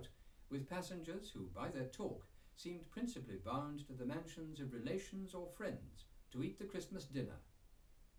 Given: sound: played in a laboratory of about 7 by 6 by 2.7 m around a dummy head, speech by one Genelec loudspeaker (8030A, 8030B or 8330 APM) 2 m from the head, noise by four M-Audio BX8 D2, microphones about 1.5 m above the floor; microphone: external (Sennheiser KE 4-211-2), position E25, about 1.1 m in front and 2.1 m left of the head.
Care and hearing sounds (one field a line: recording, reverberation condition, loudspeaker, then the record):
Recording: male speech in English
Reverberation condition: low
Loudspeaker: 30 degrees to the right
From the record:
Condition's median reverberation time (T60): about 310 ms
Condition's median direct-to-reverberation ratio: about 3.5 dB